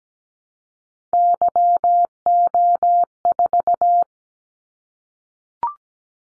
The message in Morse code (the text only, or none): YO4